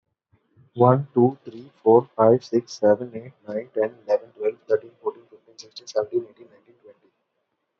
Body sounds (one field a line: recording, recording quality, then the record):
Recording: counting at a fast pace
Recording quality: moderate, slight background noise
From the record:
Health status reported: healthy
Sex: male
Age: 22 years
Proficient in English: yes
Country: India